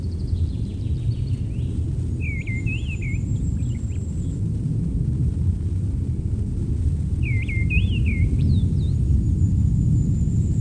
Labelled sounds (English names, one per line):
Mistle Thrush song